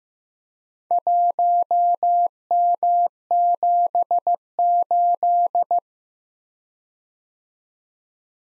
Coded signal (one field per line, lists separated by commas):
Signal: Morse code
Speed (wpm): 15 wpm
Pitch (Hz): 700 Hz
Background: none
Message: 1M78